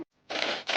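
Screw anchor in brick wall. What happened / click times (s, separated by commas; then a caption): The screw anchor slips and grinds instead of gripping / 0.4 s. A screw is deliberately tightened into a plastic anchor set in a brick wall to show that brick anchors are unreliable. After a brief sound and a near-silent gap, a loud, broadband grinding scrape runs from about 0.3 s, with a sharp snap at 0.4 s, fades briefly and rises again at the end. The anchor spins as it is tightened and is stripped.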